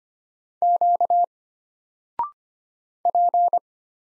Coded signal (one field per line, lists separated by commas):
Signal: Morse code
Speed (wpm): 25 wpm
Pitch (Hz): 700 Hz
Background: none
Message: Q P